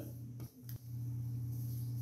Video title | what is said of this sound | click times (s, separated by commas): Fix a broken chromebook screen! - Easy repair! | it should just snap right into place | 0.7 s